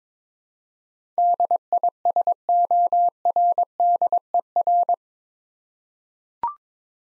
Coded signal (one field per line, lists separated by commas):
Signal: Morse code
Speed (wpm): 22 wpm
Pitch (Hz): 700 Hz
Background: none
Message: DISORDER